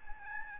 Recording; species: mosquito wingbeat signal from an infrared sensor; Aedes albopictus